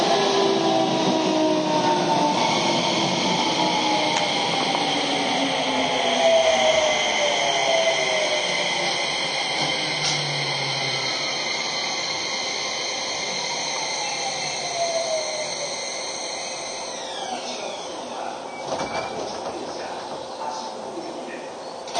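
A Keio 5000 series train runs between Motoyawata and Hashimoto, its motor whine sliding steadily down in pitch as it slows. A continuous rumble of the wheels fills the background, and near the end a few sharp knocks cut through as the tones drop away.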